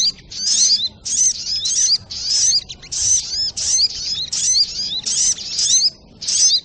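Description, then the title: Brown-throated sunbird song: dense, high, buzzy bursts with quick rising and falling whistled sweeps, separated by short pauses. Masteran recording for training cage birds, titled Labaik. "Masteran Burung Sogok Ontong Labaik"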